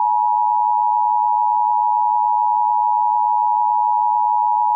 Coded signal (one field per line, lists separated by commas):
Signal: Emergency Alert System (SAME) tones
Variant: 853 and 960 Hz attention tone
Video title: EAS #900-901: 2 EAS Required Monthly Tests- Jan. 5, 2024- 10:15AM PST